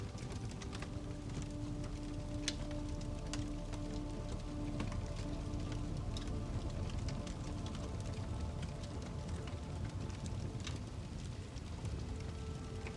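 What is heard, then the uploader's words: A fireplace crackles with a steady, dense low rumble throughout, broken by scattered sharp pops every second or two. Soft, sustained low tones hold underneath, shifting slightly in pitch partway through, while the overall level stays even from start to finish. SOUND of a FIREPLACE and Soothing MUSIC. The intimate comfort of a fireplace, with its authentic and enveloping crackling.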